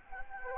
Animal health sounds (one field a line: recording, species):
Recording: mosquito wingbeat signal from an infrared sensor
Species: Anopheles gambiae